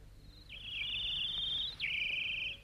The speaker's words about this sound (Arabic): الطيور بتغني والنسيم عليل والغصن بيميل وكل شيء جميل.